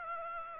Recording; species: mosquito wingbeat signal from an infrared sensor; Aedes aegypti